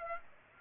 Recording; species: mosquito wingbeat signal from an infrared sensor; Aedes aegypti